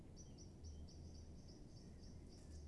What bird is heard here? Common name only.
Common Blackbird